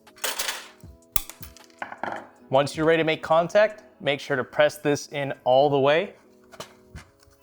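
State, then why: Seated. A large graphics card is pressed all the way into a motherboard's PCIe x16 slot while someone talks. Several brief sharp knocks come early on, and a small click at 6.6 s marks the slot's retention latch engaging as the card seats.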